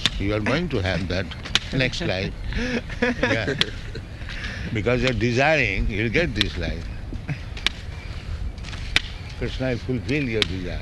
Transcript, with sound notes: You are going to have that, next life. [laughter] Yes. Because you are desiring, you will get this life. Kṛṣṇa will fulfill your desire.